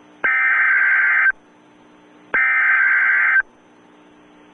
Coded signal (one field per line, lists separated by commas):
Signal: Emergency Alert System (SAME) tones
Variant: header bursts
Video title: Emergency Alert System (EAS) PARODY! (Funny)